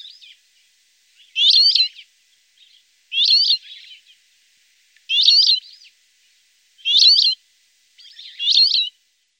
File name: gorrion chillon